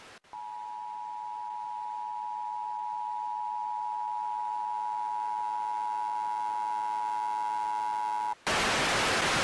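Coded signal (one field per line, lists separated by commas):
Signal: Emergency Alert System (SAME) tones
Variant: 853 and 960 Hz attention tone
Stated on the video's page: Fictional EAS scenario.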